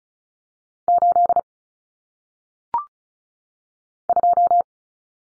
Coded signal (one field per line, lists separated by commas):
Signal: Morse code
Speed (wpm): 36 wpm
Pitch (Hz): 700 Hz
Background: none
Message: 8 2